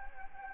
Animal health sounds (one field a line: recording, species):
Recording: mosquito wingbeat signal from an infrared sensor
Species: Anopheles gambiae